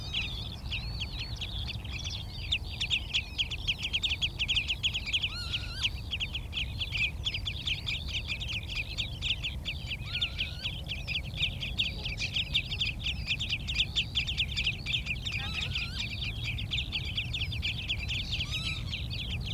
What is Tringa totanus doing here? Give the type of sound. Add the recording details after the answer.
call. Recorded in the wild. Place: Glewitz, Insel Rügen, Mecklenburg-Vorpommern, DE. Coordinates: 54.252, 13.299. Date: 1975-06-07. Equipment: Nagra III BH, Sennheiser MD 21. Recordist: Schubert, Michael. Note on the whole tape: warnende Rotschenkel. Aufnahme mit Mikrofon Sennheiser MD 421